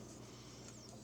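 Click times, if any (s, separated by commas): none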